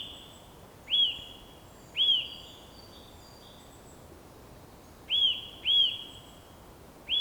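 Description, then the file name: Eurasian nuthatch calling with clear, arched whistles in pairs and singles, separated by pauses of one to three seconds, against a constant low hiss. "Sitta europaea"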